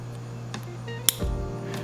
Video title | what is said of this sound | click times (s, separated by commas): DBW Issues & Circle Track Testing - EKR Garage VLOG | so pretty solid click so | 1.1 s